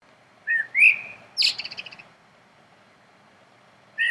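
Common blackbird song: a rich whistled phrase rising in pitch, followed by a quick series of thin, fading chattering notes, then another phrase starting at the end.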